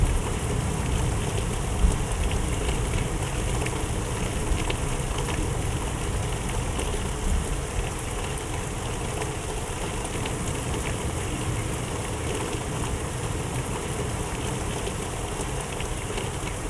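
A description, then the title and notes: Steady rain from a thunderstorm hisses and patters without letup, a dense wash of drops from low rumble up to bright crackle. A faint low roll sits underneath, and a sharper burst stands out near the two-second mark before the level settles slightly. Thunderstorm for Deep Slumber.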